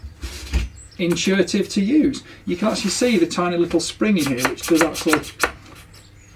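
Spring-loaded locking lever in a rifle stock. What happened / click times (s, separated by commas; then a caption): The lever is handled but has not yet locked in place / none. Someone talks while handling the spring-loaded locking lever in the stock of a SIG Sauer Cross folding precision rifle in .308, with faint rubbing and handling noises under the speech. The lever is only being handled, and nothing has seated or clicked yet.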